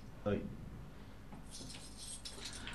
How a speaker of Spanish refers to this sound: Buscan las llaves.